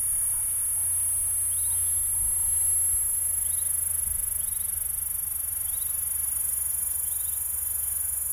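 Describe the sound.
P. catenata keeps up a continuous high buzz while a bird gives short chirps at intervals, with a low hum underneath.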